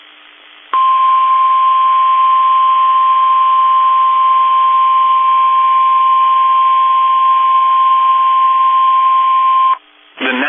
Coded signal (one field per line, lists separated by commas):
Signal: Emergency Alert System (SAME) tones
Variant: 1050 Hz attention tone